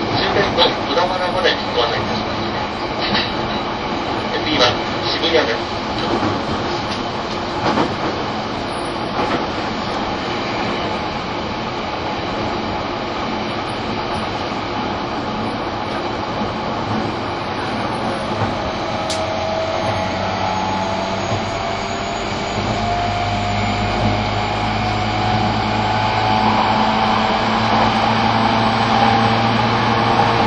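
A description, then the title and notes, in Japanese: Interior running sound of a commuter train, a dense, steady rumble with rhythmic clatter of wheels over rail joints in the first ten seconds. After about twenty seconds the tone shifts: a low hum steadies and a high motor whine rises as the train speeds up. E231系 湘南新宿ライン特別快速01 大宮～大船。浦和駅と武蔵小杉駅が未開業時の最速運転時代だった、E231系特別快速を収録したものです。走行音。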